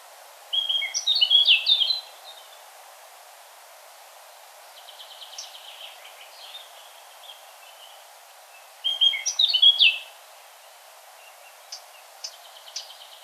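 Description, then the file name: Eurasian blackcap: two short, scratchy warbled bursts several seconds apart, with faint buzzy notes between them and a few sharp clicks at the end. "Sylvia atricapilla"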